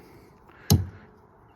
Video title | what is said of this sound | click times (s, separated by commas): How to Replace a Wiper Blade – Quick & Easy Guide Ford Transit | There we go. Wait till it clicks. Happy days. | 0.7 s